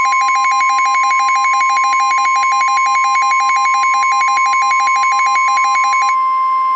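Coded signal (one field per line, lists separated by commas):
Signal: Emergency Alert System (SAME) tones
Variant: 1050 Hz attention tone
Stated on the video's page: Fictional EAS scenario, not a real alert.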